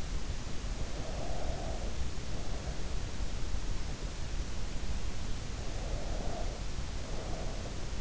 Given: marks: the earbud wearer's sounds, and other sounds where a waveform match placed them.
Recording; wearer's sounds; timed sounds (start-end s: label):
sounds in sleep by an in-ear microphone; breath
0.67-2.98 s: breath
5.71-8.01 s: breath